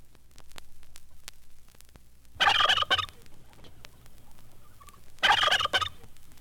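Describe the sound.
Turkeys giving two rapid, rattling gobbles about three seconds apart, with faint clicks and a low mechanical hum throughout.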